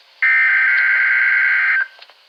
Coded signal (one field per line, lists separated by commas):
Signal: Emergency Alert System (SAME) tones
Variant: header bursts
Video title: EAS #4 - Required Weekly Test on KZZ33